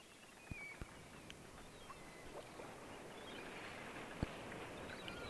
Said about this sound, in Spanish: Ahora con ese sonido de olas, de mar, de gaviotas